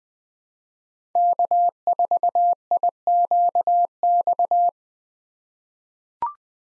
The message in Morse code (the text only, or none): K4IQX